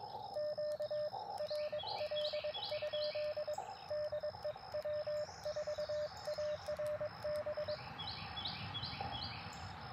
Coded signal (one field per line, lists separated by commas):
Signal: Morse code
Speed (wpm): 22 wpm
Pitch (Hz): 600 Hz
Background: none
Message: QRL? DE W4ARB